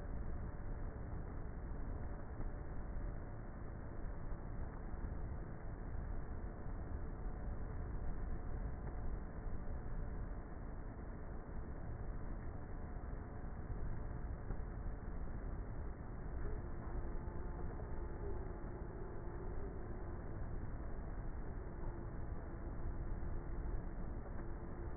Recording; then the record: honeybee colony, microphone inside the hive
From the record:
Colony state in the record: queenless with a low population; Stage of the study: before two queens were removed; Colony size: about 30,000 bees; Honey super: no